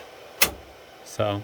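The green tab on the front end of a Cisco UCS C220/C240 M4/M5 server rail's locking tab, seated in a rack post, is pushed in to free the back tab that locks it into the rail so the rail can be removed. A sharp metallic click sounds at 0.4 s, and the rail's front tab releases from the rack. Someone briefly talks near the end.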